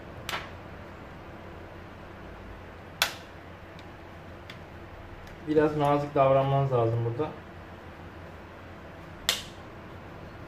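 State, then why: Released. A plastic snap clip on the housing shell of a Philips FC 9924 Marathon Ultimate vacuum cleaner's remote-control handle is gently pried apart from the other shell half. Sharp clicks sound at 0.3 s, 3.0 s and 4.5 s, and someone talks from about 5.5 to 7.3 s. The side clip releases with a sharp snap at 9.3 s, coming open.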